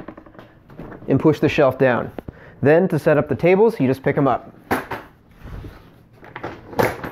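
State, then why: Seated. Someone talks while raising the folding side table wings of a Kreg Mobile Project Center KWS1000 mobile workbench into position. Sharp knocks are heard as the wings latch into their workbench supports at about 6.4 s and 6.8 s, locking into place automatically.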